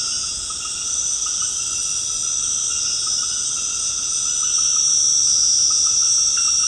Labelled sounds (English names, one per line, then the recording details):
none
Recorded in secondary vegetation near Puerto Asís, Putumayo, Colombia, on 19 March 2025 at 20:00
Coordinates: 0.485, -76.322
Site G040